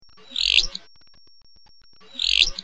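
Willow flycatcher calls: two short, sharp, high notes spaced about two seconds apart, with quiet background between them.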